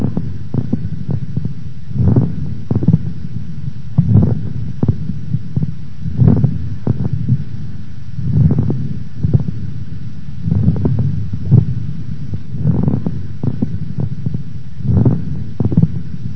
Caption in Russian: При наличии жидкого секрета в бронхах мелкого калибра образуются влажные мелкопузырчатые хрипы, которые отличаются более высоким тембром и большим количеством одновременно возникающих звуков. Прослушайте влажные мелкопузырчатые хрипы у больной с острой бронхопневмонией. Основной дыхательный шум представлен жестким дыханием.